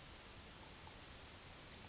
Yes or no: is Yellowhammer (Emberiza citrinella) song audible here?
no